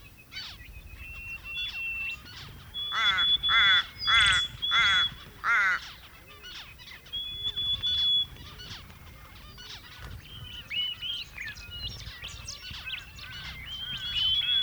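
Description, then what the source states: Zebra finches giving loud, buzzy, nasal stacked calls in a quick run of several, then softer chattering chirps and steady thin whistles. More than one zebra finch.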